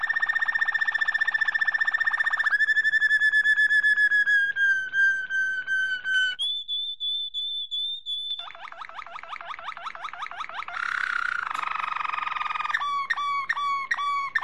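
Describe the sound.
Domestic canary: long sustained whistles sliding slightly lower, a pure high held note, rapid trills, and repeated swooping notes.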